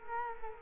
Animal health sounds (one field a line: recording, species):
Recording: mosquito wingbeat signal from an infrared sensor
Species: Culex quinquefasciatus